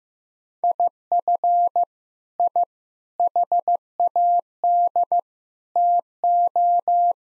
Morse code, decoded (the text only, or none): IF I HAD TO